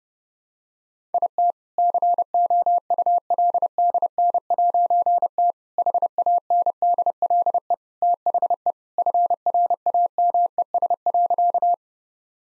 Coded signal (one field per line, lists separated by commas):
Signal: Morse code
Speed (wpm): 30 wpm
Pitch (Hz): 700 Hz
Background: none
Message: IT COULDN'T HANDLE THE FRAMES.